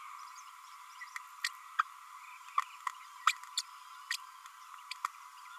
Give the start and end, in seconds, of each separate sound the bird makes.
1.44-1.48, 1.79-1.82, 3.26-3.32, 3.57-3.62, 4.10-4.16, 4.91-4.93